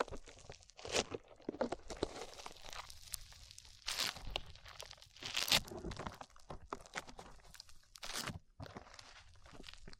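Sticky slime sounds squelch and crackle in a busy, irregular stream, with sharp wet pops and crunchy bursts every second or so. The loudest snaps land near four, five and a half, and eight seconds, between softer crinkling textures.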